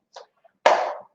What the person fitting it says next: and you hear the click.